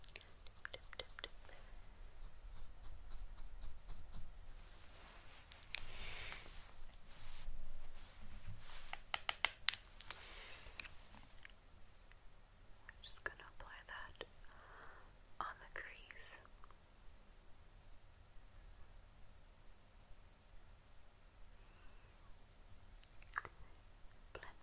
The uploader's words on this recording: ASMR Makeup Haul Tapping, Makeup Sounds, Try On Rude Cosmetics.